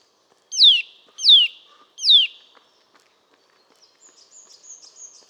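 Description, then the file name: Eurasian nuthatch gives three loud, falling whistled notes in quick succession, followed by faint, high thin twittering. "Sitta europaea"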